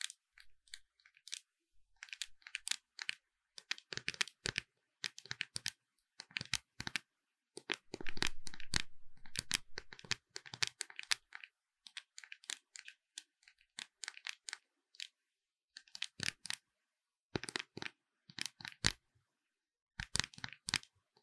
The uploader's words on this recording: ASMR 美妝用品敲擊聲 | Makeup Tapping | NO Talking.